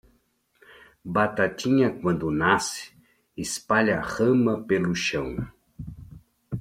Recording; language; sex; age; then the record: short text; Brazilian Portuguese; male; 60 to 69 years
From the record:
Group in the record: control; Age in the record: 67 years